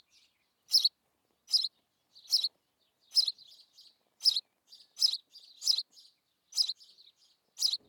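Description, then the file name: House sparrow chirping irregularly, loud sharp chirps with soft twittering notes between them. "Passer domesticus"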